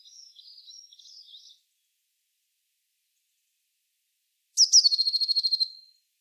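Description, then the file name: Eurasian blue tit calls: a soft high twittering phrase, a long silence, then a loud rapid scolding churr of about a dozen buzzy pulses lasting over a second. "Cyanistes caeruleus"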